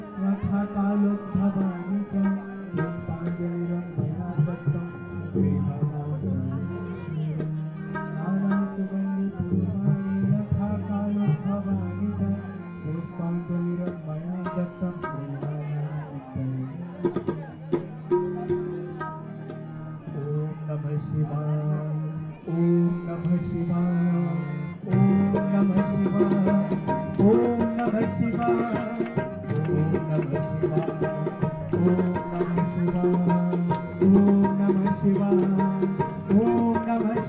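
Evening prayer along the Ganges, with dense, steady chanting voices over a low drone, growing louder and brighter after about twenty-five seconds.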